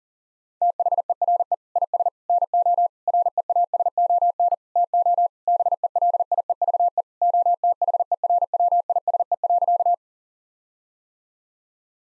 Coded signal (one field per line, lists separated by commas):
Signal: Morse code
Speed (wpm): 40 wpm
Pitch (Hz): 700 Hz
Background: none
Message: THERE IS NO REASON TO BELIEVE OTHERWISE.